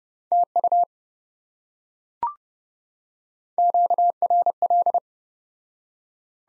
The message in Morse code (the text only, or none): TU QRL